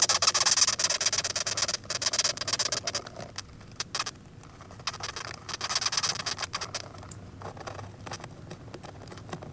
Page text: Velvet Red Ant. the insect crawling around inside a cardboard box, before I let it go back into my backyard